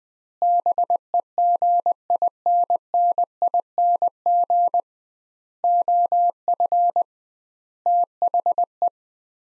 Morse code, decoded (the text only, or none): BEGINNING OF THE